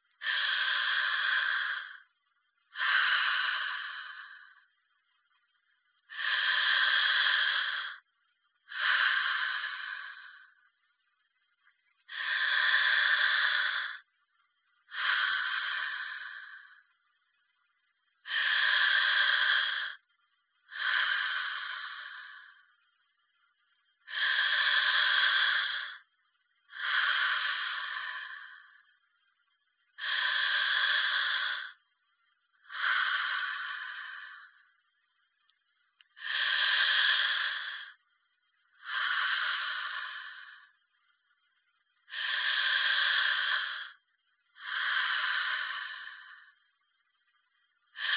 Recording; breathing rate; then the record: paced breathing near a phone; 10 breaths a minute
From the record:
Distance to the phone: 40 cm